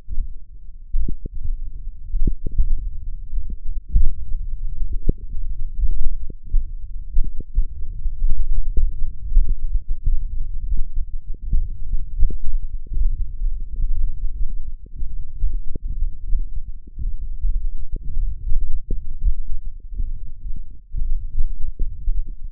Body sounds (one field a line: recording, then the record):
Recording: forearm muscle sounds (acoustic myography)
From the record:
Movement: finger pinch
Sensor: system 1, eight BSWA MPA416 microphones around the upper forearm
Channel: 6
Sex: male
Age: 21 years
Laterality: right